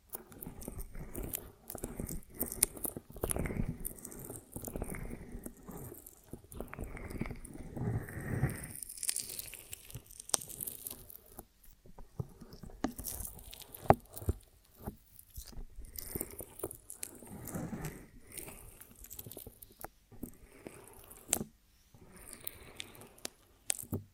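Honeycomb on a branch being handled and bitten, with wet, sticky crunching and tearing sounds. Short bursts of chewing and crackle come in irregular clusters throughout, with brief quiet gaps between them and a few sharper clicks standing out.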